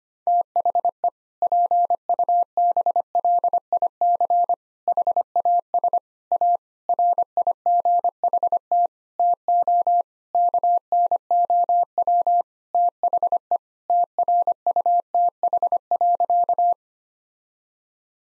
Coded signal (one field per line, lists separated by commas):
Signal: Morse code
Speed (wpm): 25 wpm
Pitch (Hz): 700 Hz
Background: none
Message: THE PUBLIC HAS A RIGHT TO KNOW THE TRUTH.